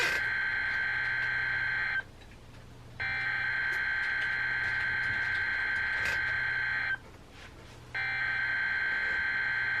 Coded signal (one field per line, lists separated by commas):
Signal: Emergency Alert System (SAME) tones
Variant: header bursts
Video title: EAS #46-#49: Marine Warnings on the go! | KHB36 & WZ2527